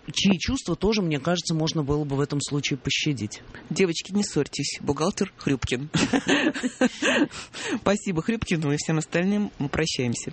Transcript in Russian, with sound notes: чьи чувства тоже, мне кажется, можно было бы в этом случае пощадить. «Девочки не ссорьтесь. Бухгалтер Хрюпкин». (все смеются) Спасибо Хрюпкину и всем остальным. Мы прощаемся.